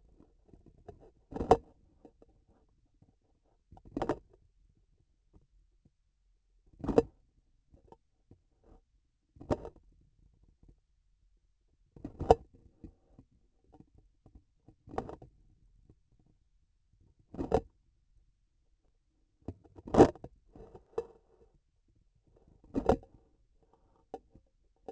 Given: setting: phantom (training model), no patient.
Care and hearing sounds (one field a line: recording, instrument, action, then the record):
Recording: laparoscopic instrument, vibration sensor on the handle end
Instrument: grasping forceps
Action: opening and closing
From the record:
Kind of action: tool actuation without material contact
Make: Olympus